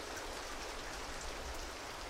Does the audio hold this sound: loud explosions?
no